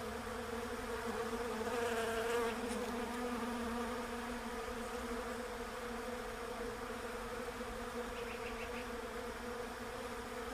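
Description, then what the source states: Bees humming steadily, louder early on, with short high bird chirps near the start and again near the end. Bees in a Russian olive tree.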